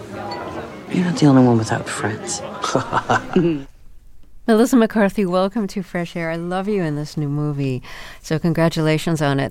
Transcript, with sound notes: You're not the only one without friends.
(LAUGHTER)
Melissa McCarthy, welcome to FRESH AIR. I love you in this new movie, so congratulations on it.